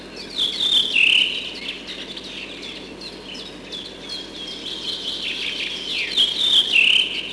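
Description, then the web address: Redwing song with clear whistled notes near the start and end, over a steady high twittering background. Recorded in spring. "vremena vesna drozd belobrovik"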